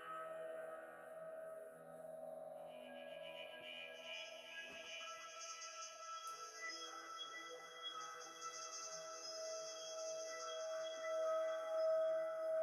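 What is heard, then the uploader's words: MIDI and bowl sounds form a sustained ringing drone with a strong steady tone in the middle register, joined by layered bright overtones that shift and swell from about four seconds on. Faint soft pulses flicker underneath, and the level rises slightly near the end. MIDI and BOWL sounds 7 mins per chakra.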